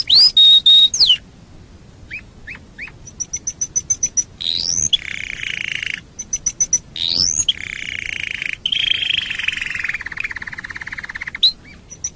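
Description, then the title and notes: Canary song mixing loud flat whistles, short upslurred chips, high thin trills and long buzzy descending rolls, with brief pauses between phrases. Masteran training song of canary, played as a lure to make birds sing more wildly. "SUARA MASTERAN KENARI. masteran kicau kenari"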